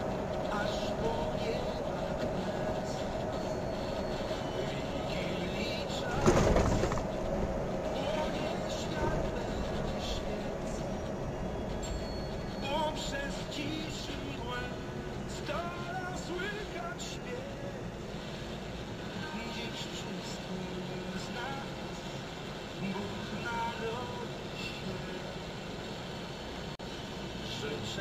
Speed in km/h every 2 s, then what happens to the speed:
45, 44, 44, 44, 42, 33, 22, 11, 6, 0, 0, 0, 0, 0.
0-8 steady at about 44. 8-18 brakes to 0. 18-28 standing.